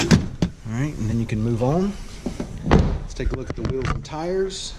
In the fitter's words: you can simply just pull them right up they'll click into place alright and then you